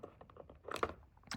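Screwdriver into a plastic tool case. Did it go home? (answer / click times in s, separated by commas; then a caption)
no / none. A small screwdriver is pressed into a plastic tool case with the insert taken out, expecting it to lock in place. Light plastic taps and rattles sound throughout, with a louder cluster of clacks around 0.8 s and another knock at 1.3 s. The tool does not catch, and nothing locks or clicks into place.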